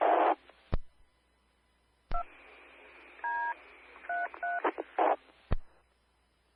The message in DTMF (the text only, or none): 2D33